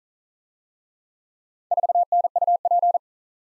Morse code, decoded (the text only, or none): 4NUP